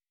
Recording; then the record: hydrophone in a shrimp aquaculture tank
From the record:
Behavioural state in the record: weakened